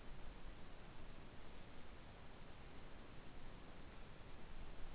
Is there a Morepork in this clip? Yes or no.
no